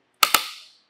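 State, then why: Torque reached. A roof rack tower tightening knob on a Thule WingBar Evo roof rack for a naked roof on a 2023 Kia Sorento is turned against heavy resistance. Its torque limiter gives two sharp clicks at 0.2 s and 0.4 s, each followed by a short ringing decay. The knob has reached its torque setting, and the tower is tightened.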